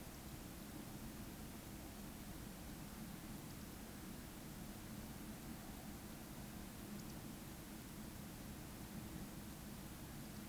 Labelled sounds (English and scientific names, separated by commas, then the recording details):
Eurasian Woodcock (Scolopax rusticola) whistle
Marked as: whistle, whistle, whistle, whistle
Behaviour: display flight
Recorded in Baden-Württemberg, Germany, on 14 May 2021 at 19:45 UTC
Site 25175, 602 m above sea level